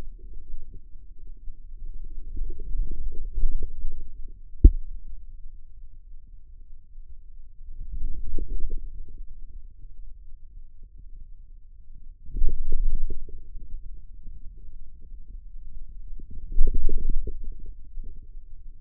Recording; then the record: forearm muscle sounds (acoustic myography)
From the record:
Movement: outward rotation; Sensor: system 2, bracelet of six BSWA MPA416 microphones around the upper forearm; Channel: 6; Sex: male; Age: 22 years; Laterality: right